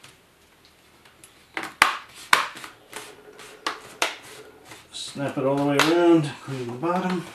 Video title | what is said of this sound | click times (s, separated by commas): Laptop screen replacement / How to replace laptop screen HP G6 | just snaps back in place snap | 1.8 s, 2.3 s, 3.7 s, 4.0 s